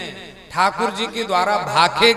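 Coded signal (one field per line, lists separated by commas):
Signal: none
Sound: speaker feedback beeps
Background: speech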